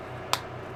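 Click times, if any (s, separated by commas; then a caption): 0.3 s. A plastic kit part for a model submarine is pressed onto its mating part during a dry fit before gluing. A single short, sharp snap is heard at 0.3 seconds against a low steady background hum. The part seats into place.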